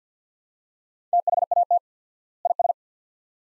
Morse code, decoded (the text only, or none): THAT IS